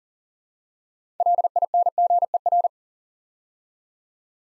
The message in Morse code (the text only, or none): LINGER